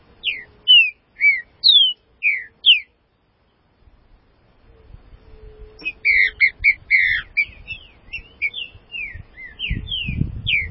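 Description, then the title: Green-winged saltator song, a phrase of several bold slurred whistles, a pause, then a longer, busier run of whistled notes over low rumbling. "Trinca Ferro"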